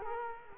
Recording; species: mosquito wingbeat signal from an infrared sensor; Culex quinquefasciatus